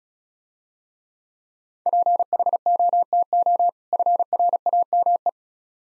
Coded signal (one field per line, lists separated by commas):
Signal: Morse code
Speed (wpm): 35 wpm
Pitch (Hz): 700 Hz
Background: none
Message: PHOTO FRAME